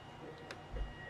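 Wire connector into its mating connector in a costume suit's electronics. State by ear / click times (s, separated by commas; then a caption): seated / 0.5 s. After soldering and fitting a boot over the joint, a wire connector is pushed into its mating connector in the electronics of a Mark IV Iron Man costume armor build. A single sharp click at 0.5 s rises above a steady background hum, followed by a low thump near 0.8 s. The connector is seated and confirmed good.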